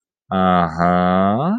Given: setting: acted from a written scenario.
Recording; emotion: vocal sound without words; pride